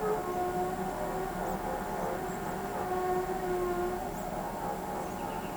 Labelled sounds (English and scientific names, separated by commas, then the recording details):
none
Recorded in pastures near Pivijay, Magdalena, Colombia, on 17 April 2023 at 07:30
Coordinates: 10.456, -74.369
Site P6-G026